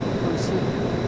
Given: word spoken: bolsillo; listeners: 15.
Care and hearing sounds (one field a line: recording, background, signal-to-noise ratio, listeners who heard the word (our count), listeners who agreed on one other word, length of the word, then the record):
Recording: one Spanish word in noise, from a listening test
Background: speech-shaped noise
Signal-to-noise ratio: -6.5 dB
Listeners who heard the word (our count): 0 of 15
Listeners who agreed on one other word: 6 of 15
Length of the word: 0.68 s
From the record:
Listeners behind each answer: 6, 3, 2, 1, 1, 1, 1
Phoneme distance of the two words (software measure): 51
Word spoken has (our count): 3 syllables, 7 phonemes, stress on syllable 2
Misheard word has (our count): 3 syllables, 8 phonemes, stress on syllable 2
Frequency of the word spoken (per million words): 25.51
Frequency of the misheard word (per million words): 9.57